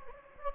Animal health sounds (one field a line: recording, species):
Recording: mosquito wingbeat signal from an infrared sensor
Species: Anopheles gambiae